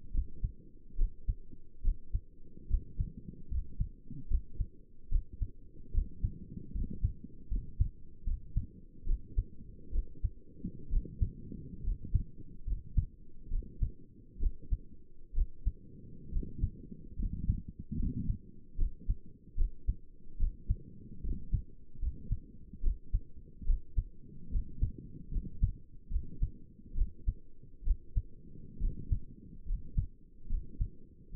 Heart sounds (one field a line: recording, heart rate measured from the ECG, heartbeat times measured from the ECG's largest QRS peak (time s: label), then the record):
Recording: heart sounds by stethoscope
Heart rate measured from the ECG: 71 bpm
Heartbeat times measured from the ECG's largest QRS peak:
0.14 s: heartbeat
0.98 s: heartbeat
1.84 s: heartbeat
2.70 s: heartbeat
3.51 s: heartbeat
4.30 s: heartbeat
5.11 s: heartbeat
5.94 s: heartbeat
6.74 s: heartbeat
7.50 s: heartbeat
8.26 s: heartbeat
9.07 s: heartbeat
9.93 s: heartbeat
10.91 s: heartbeat
11.84 s: heartbeat
12.67 s: heartbeat
13.51 s: heartbeat
14.41 s: heartbeat
15.35 s: heartbeat
16.32 s: heartbeat
17.18 s: heartbeat
17.99 s: heartbeat
18.78 s: heartbeat
19.57 s: heartbeat
20.39 s: heartbeat
21.24 s: heartbeat
22.02 s: heartbeat
22.83 s: heartbeat
23.67 s: heartbeat
24.52 s: heartbeat
25.33 s: heartbeat
26.11 s: heartbeat
26.96 s: heartbeat
27.85 s: heartbeat
28.81 s: heartbeat
29.67 s: heartbeat
30.50 s: heartbeat
31.35 s: heartbeat
From the record:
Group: healthy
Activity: rest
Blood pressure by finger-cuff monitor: 93/62 mmHg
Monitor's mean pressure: 73 mmHg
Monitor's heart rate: 72 bpm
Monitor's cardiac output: 6.3 L/min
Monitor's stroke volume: 88 mL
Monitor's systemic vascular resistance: 820 dyn s/cm5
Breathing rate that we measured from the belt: 14 breaths a minute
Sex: male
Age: 22 years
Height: 181 cm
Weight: 79 kg